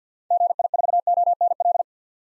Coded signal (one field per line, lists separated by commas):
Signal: Morse code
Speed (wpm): 50 wpm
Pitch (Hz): 700 Hz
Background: none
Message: GI4ONL